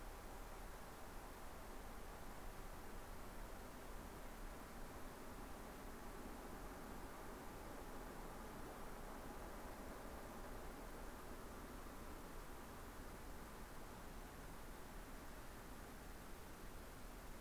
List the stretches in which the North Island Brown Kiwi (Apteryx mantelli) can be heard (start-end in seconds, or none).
none